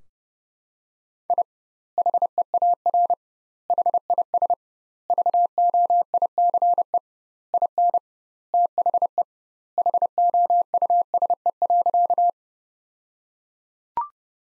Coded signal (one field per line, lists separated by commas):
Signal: Morse code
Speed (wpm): 30 wpm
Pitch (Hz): 700 Hz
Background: none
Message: I HEAR HIS VOICE IN THE HOUSE.